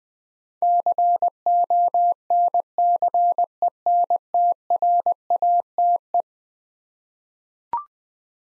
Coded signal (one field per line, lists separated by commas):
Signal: Morse code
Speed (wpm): 20 wpm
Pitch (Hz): 700 Hz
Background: none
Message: CONCENTRATE